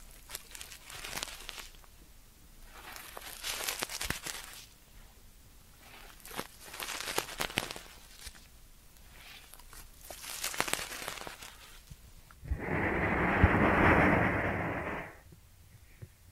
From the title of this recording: Ear Cleaning Triggers